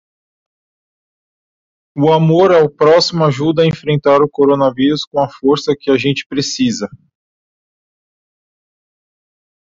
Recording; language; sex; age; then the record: spoken sentence; Brazilian Portuguese; male; 30 to 39 years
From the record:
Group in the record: control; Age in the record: 34 years